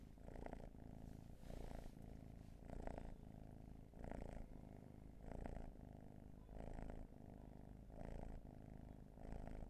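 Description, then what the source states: Cat purring, the rumble brightening in clear bursts about every second and a quarter as the animal breathes in and out. Long purring session.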